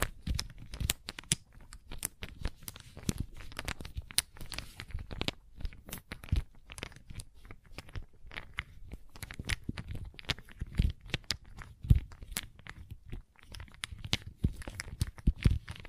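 Slime and crayon sounds with tapping: a dense, irregular run of sharp clicks, crunches and sticky crackles throughout. Brief bright snaps rise above a low rumbling bed, with louder taps scattered every second or so, especially near 11 and 12 seconds.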